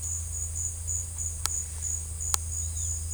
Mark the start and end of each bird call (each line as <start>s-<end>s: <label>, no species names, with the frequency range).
2.59s-2.88s: bird call (2.7-4.8 kHz)